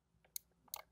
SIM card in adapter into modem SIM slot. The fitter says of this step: until it clicks you can hear it click